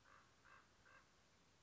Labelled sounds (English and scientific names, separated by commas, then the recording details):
Common Raven (Corvus corax)
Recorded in Sonoma County, California